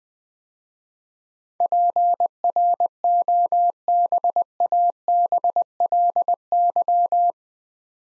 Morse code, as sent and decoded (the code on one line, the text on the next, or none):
.--. .-. --- -... .- -... .-.. -.--
PROBABLY